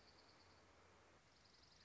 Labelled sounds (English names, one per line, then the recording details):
Dark-eyed Junco
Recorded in Sonoma County, California